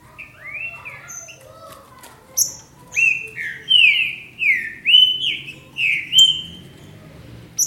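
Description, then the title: Green-winged saltator song: a series of clear, slurred whistles over a low background hum. "Trinca Ferro"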